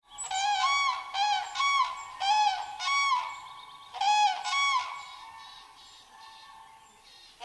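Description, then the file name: Common crane calling with a series of resonant, trumpeting notes in quick pairs through the first five seconds, then fading into near silence. "zuraw"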